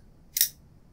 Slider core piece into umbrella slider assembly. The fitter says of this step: the worker can just installed this core piece right here and snap it all together